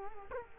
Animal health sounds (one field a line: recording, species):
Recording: mosquito wingbeat signal from an infrared sensor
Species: Culex quinquefasciatus